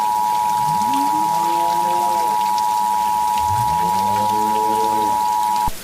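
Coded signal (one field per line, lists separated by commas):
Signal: Emergency Alert System (SAME) tones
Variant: 853 and 960 Hz attention tone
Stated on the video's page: Fictional EAS scenario.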